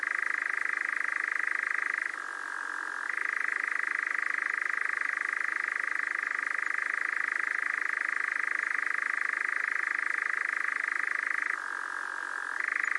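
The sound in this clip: Nightjar giving a sustained, even churr, a dry reeling trill that twice drops to a lower pitch for roughly a second before resuming its steady level.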